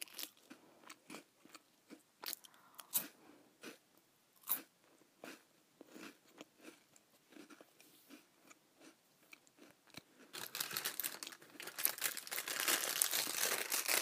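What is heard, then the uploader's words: Crackers being eaten, with sharp, bright crunches and crinkles coming irregularly, a few per second, through the first ten seconds. After about ten seconds the sound turns into a dense, continuous crinkling and rustling, louder and brighter, that lasts to the end. ASMR Eating Crackers.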